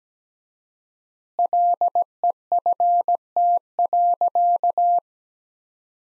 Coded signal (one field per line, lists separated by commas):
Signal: Morse code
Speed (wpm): 17 wpm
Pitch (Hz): 700 Hz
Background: none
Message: LEFT.